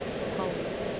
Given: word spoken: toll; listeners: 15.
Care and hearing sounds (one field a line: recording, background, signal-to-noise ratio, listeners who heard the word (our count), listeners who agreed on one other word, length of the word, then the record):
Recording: one English word in noise, from a listening test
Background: speech-shaped noise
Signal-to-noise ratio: -4.9 dB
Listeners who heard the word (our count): 1 of 15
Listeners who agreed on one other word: 8 of 15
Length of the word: 0.60 s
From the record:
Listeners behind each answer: 8, 1, 1, 1, 1, 1, 1, 1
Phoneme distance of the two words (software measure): 17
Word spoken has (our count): 1 syllable, 3 phonemes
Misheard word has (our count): 1 syllable, 4 phonemes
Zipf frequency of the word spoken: 3.94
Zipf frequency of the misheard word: 5.11